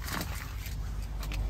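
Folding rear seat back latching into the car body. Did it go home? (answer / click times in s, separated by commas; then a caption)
no / none. A rear seat back in a 2016 BMW 550i is being folded and handled, with soft rustling and low rumbling handling noise and a brief sharp tap near the end. The seat back has not latched or locked into place yet.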